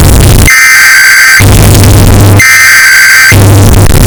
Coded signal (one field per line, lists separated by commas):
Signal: Emergency Alert System (SAME) tones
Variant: header bursts